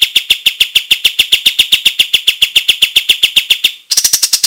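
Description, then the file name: White-shouldered triller repeating clear high chips at a brisk, even pace, ending with a shriller, buzzier run. "suara-kapas-tembak-versi 1"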